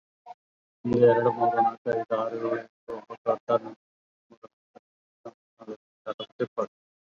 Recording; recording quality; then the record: counting at a fast pace; poor, much background noise or distortion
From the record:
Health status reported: COVID-19 positive, mild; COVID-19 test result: positive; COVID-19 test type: RT-PCR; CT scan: not taken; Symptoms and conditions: cough, cold, fever, hypertension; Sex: male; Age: 65 years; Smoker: no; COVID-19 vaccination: both doses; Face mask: worn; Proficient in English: no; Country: India